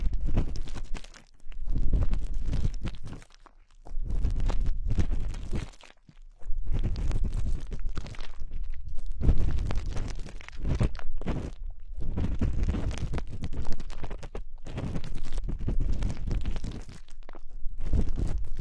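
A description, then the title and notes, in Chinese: Ear cleaning with various sticks: dense, scratchy rubbing and crunching sounds come in long, steady strokes, heavy in the low end. Short silent pauses break the scraping near two, four, six and twelve seconds before the rustling resumes. 用各种棒棒清理你的耳朵。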